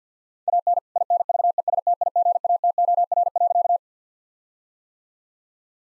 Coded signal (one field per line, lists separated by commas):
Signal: Morse code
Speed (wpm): 50 wpm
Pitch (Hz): 700 Hz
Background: none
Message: AN INVESTIGATOR.